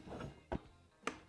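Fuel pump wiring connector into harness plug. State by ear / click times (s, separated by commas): seated / 1.1 s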